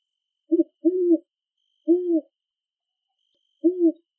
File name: Great horned owl call from big forest